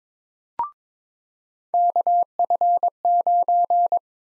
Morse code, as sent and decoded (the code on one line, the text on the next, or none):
-.- ..-. ----.
KF9